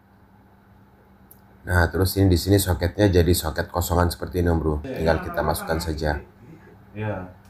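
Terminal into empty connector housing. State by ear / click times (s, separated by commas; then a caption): not seated / none. Wires or terminals are about to be inserted into an empty connector housing on a Toyota Soluna / Great Corolla (All New), where each one should click as the sign it is fully in. Someone talks over most of the clip, with a brief faint tick near 1.3 s. Nothing has seated or clicked yet.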